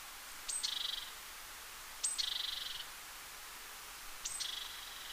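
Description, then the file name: Great tit giving three scolding calls, each a brief high note running into a rasping, buzzy chatter. "Parus major"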